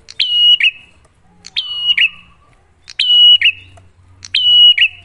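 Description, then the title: Bar-winged prinia song, four bright whistled phrases, each starting sharply and fading in a buzzy drop, spaced over a second apart. Prenjak lure (pancingan) recording, a duet of Cililin versus Kapas Tembak birds, singing actively (gacor) with a clear voice, to make listeners' own prenjak sing better. "Masteran Duet Cililin Vs Kapas Tembak. Pancingan Prenjak Gacor Suara Jernih"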